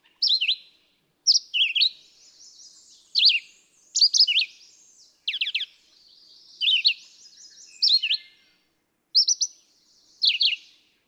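Red-eyed vireo singing a steady series of brief whistled phrases, each a rapid rising-and-falling slur, separated by short gaps.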